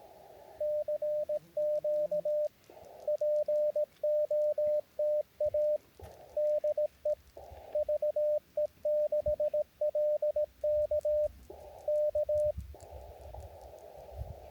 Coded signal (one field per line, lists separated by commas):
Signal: Morse code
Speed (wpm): 18 wpm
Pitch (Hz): 600 Hz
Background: radio noise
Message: CQ POTA DE VE6LK K